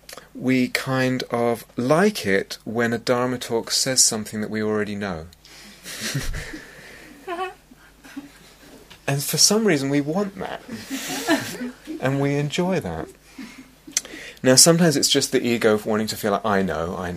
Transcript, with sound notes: we kind of like it when a Dharma talk says something that we already know. [laughter] And for some reason, we want that. [laughter] And we enjoy that. Now, sometimes it's just the ego of wanting to feel like, "I know.